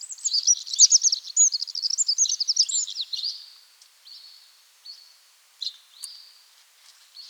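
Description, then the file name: Eurasian wren song: a rapid, high, jumbled burst of trills and twitters for about three seconds, followed by a few short, thin, high notes. "Troglodytes troglodytes"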